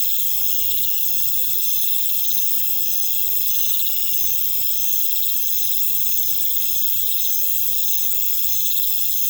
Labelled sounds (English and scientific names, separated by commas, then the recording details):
none
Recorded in pastures near Puerto Asís, Putumayo, Colombia, on 22 December 2024 at 22:00
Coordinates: 0.472, -76.329
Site G072